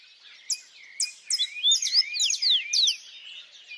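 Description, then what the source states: Birdsong with sharp high clicks and chirps over looping whistled notes, a few birds calling together in quick succession. At dawn.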